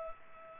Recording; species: mosquito wingbeat signal from an infrared sensor; Culex pipiens